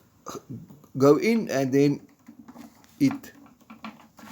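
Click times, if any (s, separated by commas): 3.9 s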